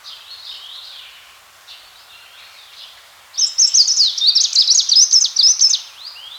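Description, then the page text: Greenish warbler with soft, quiet warbling at first, then a fast, bright burst of high, tumbling twittered notes lasting about three seconds. "Greenish Warbler Song 2. Quick Sounds"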